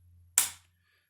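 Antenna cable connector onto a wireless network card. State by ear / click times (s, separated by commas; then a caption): seated / 0.4 s. An antenna cable connector is press-fit onto the WPAN wireless network card inside a CGR1240 network device. A single sharp, bright click sounds at 0.4 s over a faint low hum and decays within about a quarter second. The connector is engaged and installed properly.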